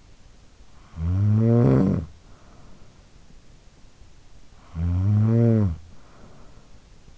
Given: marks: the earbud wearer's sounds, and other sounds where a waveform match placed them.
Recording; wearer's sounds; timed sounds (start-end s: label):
sounds in sleep by an in-ear microphone; snoring breath
0.52-3.57 s: snoring breath
4.29-7.18 s: snoring breath